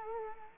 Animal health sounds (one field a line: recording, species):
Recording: mosquito wingbeat signal from an infrared sensor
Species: Culex quinquefasciatus